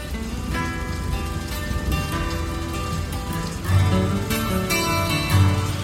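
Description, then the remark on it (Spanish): Heavy rain pours down in a dense, steady hiss, swelling louder after a few seconds, with sustained tonal hums running underneath and no voices. “Llueve mucho hoy, pequeño hermano.”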